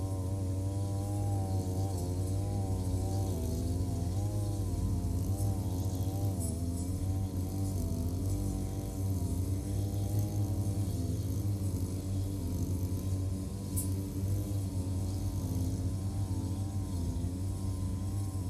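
A brush cutter runs continuously, cutting grass along rows of green onions and around a field. Its engine holds a steady low drone with a buzzing whine whose pitch wavers slightly as the load changes, and brief faint ticks appear near six and fourteen seconds.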